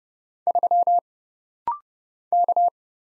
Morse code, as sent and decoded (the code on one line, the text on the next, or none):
...-- / -.-
3 K